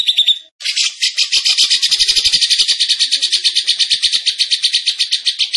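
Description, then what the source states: Bird song: a short whistled trill, a tiny gap, then continuous fast buzzy chattering notes. Masteran training recording from Indonesia of a bird singing energetically (gacor).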